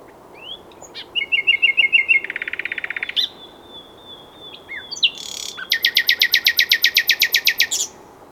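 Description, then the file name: Common nightingale singing rapid repeated notes, a buzzy rattle, a long thin whistle, then a loud fast run of repeated chirps. "Luscinia megarhynchos"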